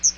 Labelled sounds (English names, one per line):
Chestnut-sided Warbler flight call